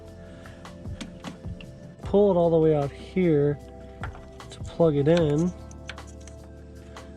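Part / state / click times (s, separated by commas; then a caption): wiring harness connector onto ignition coil pack / not seated / none. A plastic wiring harness connector is handled near the ignition coil pack of a 2006 Subaru WRX after a spark plug change, with short, sharp handling taps scattered through the clip. Someone talks over background music. The connector has not seated or clicked onto the coil yet.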